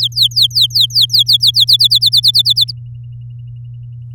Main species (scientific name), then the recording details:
Serinus canaria. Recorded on 9 May 2018 at 10:45. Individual llb16